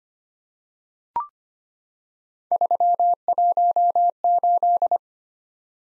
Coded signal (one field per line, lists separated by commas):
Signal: Morse code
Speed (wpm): 26 wpm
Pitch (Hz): 700 Hz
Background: none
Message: 318